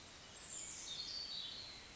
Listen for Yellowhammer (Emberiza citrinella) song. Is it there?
no